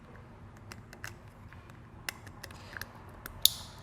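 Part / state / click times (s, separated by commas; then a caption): trailer wiring T-connector plug into factory taillight connector / seated / 3.5 s. A Curt plastic T-connector trailer wiring harness plug is pushed into the factory taillight connector of a 2021 Hyundai Tucson. Faint plastic rubbing and small ticks build up, with a sharp snap at 2.1 s and a loud click at 3.5 s. The plug locks into place and is seated.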